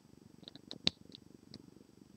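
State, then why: Seated. A small plastic brick assembly, the reactor piece with a light element, is pressed onto the black bricks of a toy motorbike and seats with a sharp click at 0.9 s. Fainter ticks from handling the pieces come before and after it over a steady low rumble.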